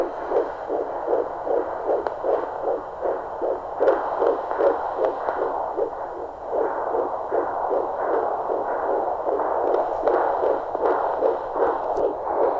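Rapid, regular whooshing pulses at about 150 a minute, with a steady hiss underneath: a fetal heartbeat at 16 weeks of pregnancy, picked up by Doppler, with a rate in the usual fetal range.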